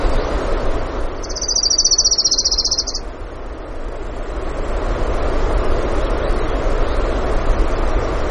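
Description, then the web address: Orange-crowned warbler song: one high, even trill lasting about two seconds over a loud, steady rushing roar. Denali, Alaska; 16 June 2016, early morning, about 05:32. "alaska. 20160616 053228. Orange Crowned"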